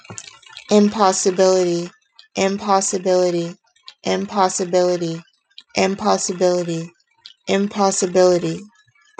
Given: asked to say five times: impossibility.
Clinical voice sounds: repeated word; 30 to 39 years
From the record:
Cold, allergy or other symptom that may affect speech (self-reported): no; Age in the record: 33 years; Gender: other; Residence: Texas, United States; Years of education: 16

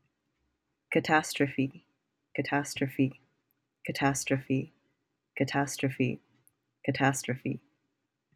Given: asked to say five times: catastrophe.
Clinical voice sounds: repeated word; 20 to 29 years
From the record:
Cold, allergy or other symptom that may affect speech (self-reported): no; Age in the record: 20 years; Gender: other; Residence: California, United States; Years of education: 14

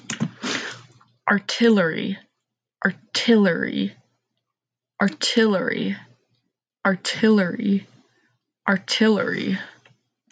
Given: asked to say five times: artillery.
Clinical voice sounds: repeated word; 20 to 29 years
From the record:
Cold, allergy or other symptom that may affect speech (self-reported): no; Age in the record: 23 years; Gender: other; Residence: Washington, United States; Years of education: 13

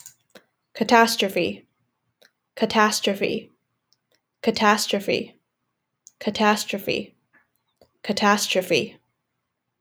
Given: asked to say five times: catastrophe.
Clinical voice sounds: repeated word; 20 to 29 years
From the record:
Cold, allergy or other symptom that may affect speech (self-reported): no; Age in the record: 26 years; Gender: other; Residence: Massachusetts, United States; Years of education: 16

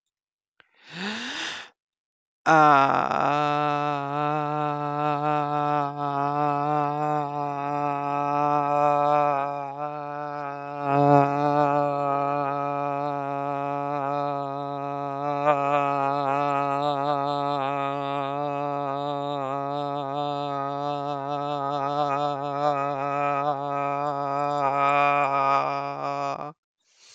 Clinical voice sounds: vowel held as long as possible; 20 to 29 years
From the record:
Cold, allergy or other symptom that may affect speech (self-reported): no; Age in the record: 27 years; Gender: other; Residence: Iowa, United States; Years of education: 16

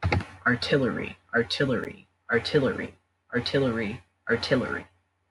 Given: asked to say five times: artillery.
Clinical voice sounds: repeated word; 18 to 19 years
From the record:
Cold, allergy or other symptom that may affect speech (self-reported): no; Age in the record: 19 years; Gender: other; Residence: Ohio, United States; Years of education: 13

